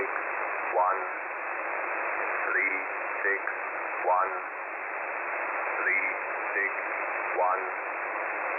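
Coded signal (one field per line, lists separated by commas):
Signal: numbers station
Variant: E07, English man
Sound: male voice reading short, evenly spaced words through heavy shortwave static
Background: radio static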